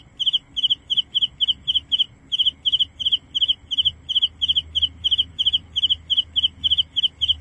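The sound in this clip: Cricket calling with regular pulsed chirps, about two or three per second, each a quick trill of a few pulses, steady throughout with soft low rumble beneath.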